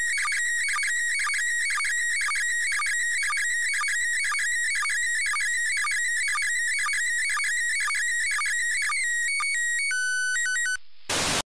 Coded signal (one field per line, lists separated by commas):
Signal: SSTV (slow-scan television)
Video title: IK8XLD - ISS SSTV 28.10.18